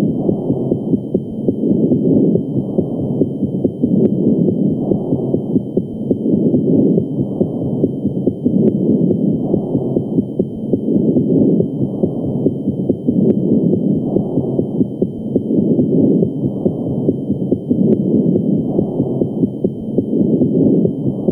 Breath Sounds. Bronchial.